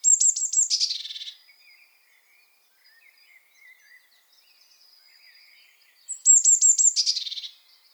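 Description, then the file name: Eurasian blue tit calling twice: high thin notes followed by a short scolding churr, repeated after a pause of about five seconds. "Cyanistes caeruleus"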